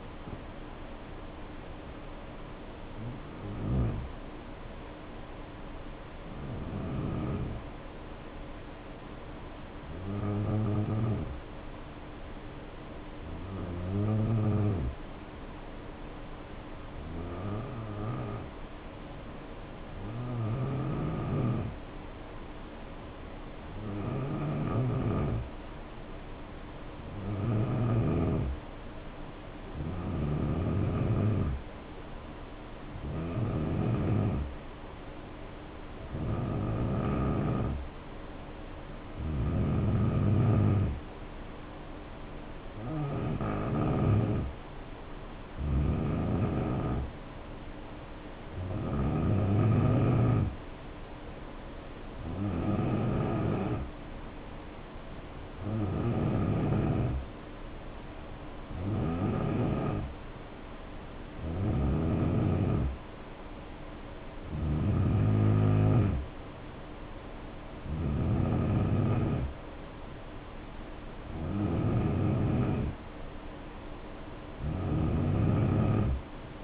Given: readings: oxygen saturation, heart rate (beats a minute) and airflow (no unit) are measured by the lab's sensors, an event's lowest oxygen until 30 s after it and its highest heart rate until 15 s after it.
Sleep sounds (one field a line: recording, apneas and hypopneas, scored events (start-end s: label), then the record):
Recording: breathing in sleep by a voice recorder at the bedside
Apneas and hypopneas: 1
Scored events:
1.00-76.64 s: new sleep stage, N2 (light sleep)
4.00-24.90 s: hypopnea (N2, oxygen 95% highest, then 86% lowest, heart rate 68 at the start, 74 highest)
From the record:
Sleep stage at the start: N1 (lightest sleep)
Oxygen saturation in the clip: 78 to 95%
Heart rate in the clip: 65 to 74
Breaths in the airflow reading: 24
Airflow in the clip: -5.4 to 2.9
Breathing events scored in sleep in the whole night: 520 in 7.2 hours asleep